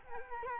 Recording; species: mosquito wingbeat signal from an infrared sensor; Culex quinquefasciatus